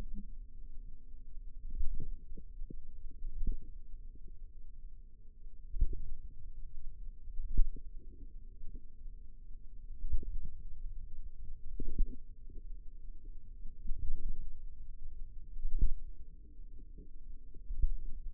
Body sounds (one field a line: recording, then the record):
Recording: forearm muscle sounds (acoustic myography)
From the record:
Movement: finger pinch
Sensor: system 2, bracelet of six BSWA MPA416 microphones around the upper forearm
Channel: 3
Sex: female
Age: 22 years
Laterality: right